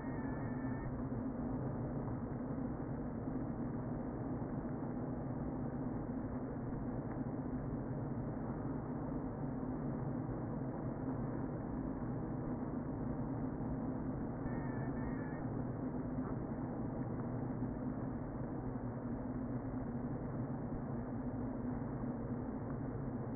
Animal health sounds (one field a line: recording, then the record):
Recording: honeybee colony, microphone inside the hive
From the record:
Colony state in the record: queen present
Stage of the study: before two queens were removed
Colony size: about 60,000 bees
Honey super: yes